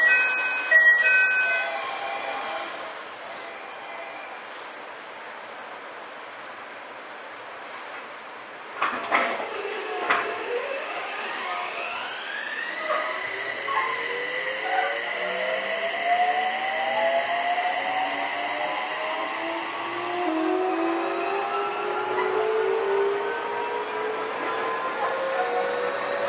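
A Toei 6300 series subway train runs between Nishi-takashimadaira and Jimbocho. After a quiet stretch of steady rumble, clattering bursts come around nine seconds, then the motor whine rises in several climbing tones as the train accelerates, holding steady toward the end.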